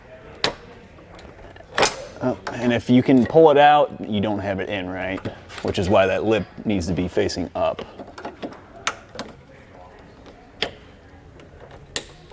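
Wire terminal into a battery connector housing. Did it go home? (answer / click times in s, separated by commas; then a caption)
yes / 12.0 s. A positive wire terminal is pushed into a plastic battery connector housing, lip facing up, for a power connector. Someone talks while several small clicks and taps are heard. The terminal snaps in place with a sharp click at 12.0 s.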